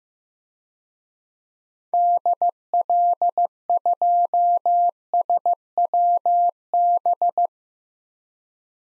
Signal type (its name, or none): Morse code